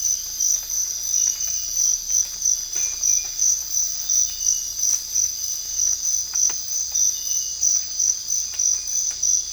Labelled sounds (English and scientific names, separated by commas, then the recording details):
none
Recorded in dense forest near Puerto Asís, Putumayo, Colombia, on 18 December 2024 at 04:30
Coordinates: 0.484, -76.325
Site G056